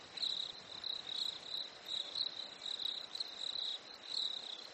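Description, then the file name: Shrill crickets chirp in rhythmic bursts, a steady high-pitched pulsing over faint outdoor noise. Nature ambience at a lake in winter, with crickets. "smartsound ATMO NATURE Fresh Winter Lake Crickets Birds"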